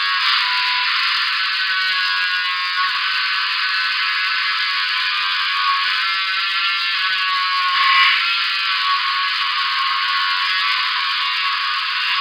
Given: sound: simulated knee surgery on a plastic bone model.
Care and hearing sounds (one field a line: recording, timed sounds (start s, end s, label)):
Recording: surgical tools on bone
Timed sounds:
0.00	12.21	sawing